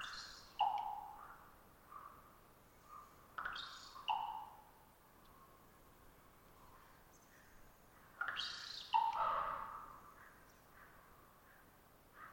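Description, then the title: Common raven giving repeated hollow pops with sharp clicking snaps and short trilled twittering notes, several call bouts spread throughout over a faint steady background hiss. Single raven perched about 50 ft up and some distance away; long trilling twitter before a pop call, sometimes a gulp or beak snap after. "More Raven Twittering-Pop"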